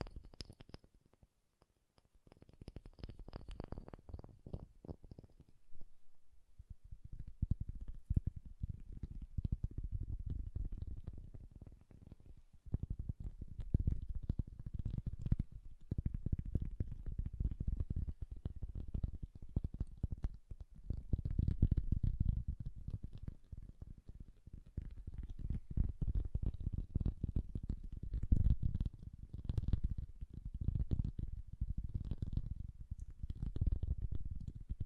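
Soft, bassy tapping runs almost the whole way through, a dense low patter of quick muffled hits with little brightness. It starts sparse and quiet, with a faint high tone in the first few seconds, then thickens after about six seconds into a steady, slightly uneven stream.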